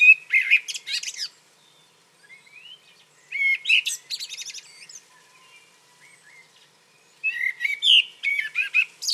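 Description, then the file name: Common blackbird delivering three song phrases, fluted whistles merging into jumbled high squeaks, with softer twittered notes in the gaps between phrases. "Turdus merula"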